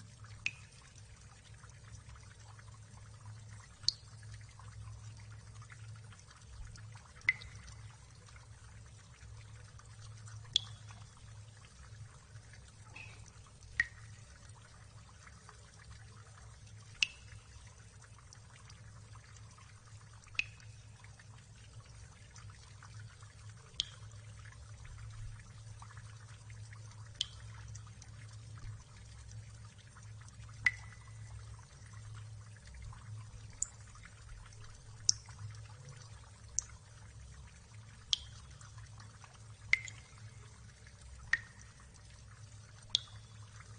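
Water drops fall one at a time, each a sharp, bright plink. They land every few seconds, irregular at first and coming a little more often toward the end. Underneath, a low, steady hum and a faint hiss run throughout.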